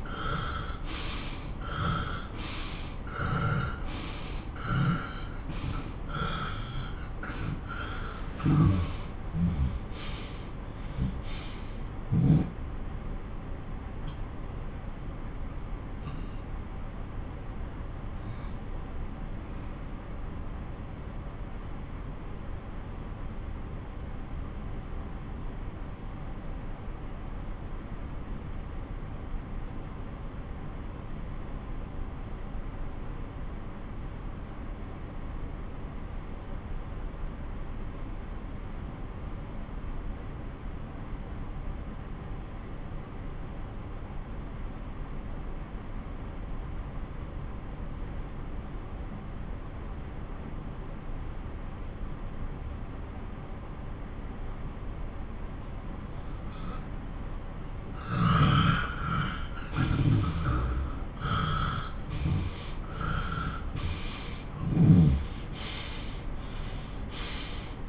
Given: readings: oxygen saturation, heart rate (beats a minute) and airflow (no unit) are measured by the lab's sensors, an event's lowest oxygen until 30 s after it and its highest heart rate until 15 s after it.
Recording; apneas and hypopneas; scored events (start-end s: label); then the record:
breathing in sleep by a smartphone at the bedside; 1
10.00-56.80 s: obstructive apnea (N1, oxygen 97% highest, then 93% lowest)
10.00-67.89 s: new sleep stage, N2 (light sleep)
From the record:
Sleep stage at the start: N1 (lightest sleep); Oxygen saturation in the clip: 88 to 97%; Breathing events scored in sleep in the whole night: 217 in 6.3 hours asleep